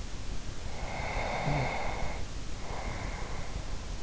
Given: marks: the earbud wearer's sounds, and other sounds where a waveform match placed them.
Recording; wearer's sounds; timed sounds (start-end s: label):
sounds in sleep by an in-ear microphone; snoring breath
0.57-3.96 s: snoring breath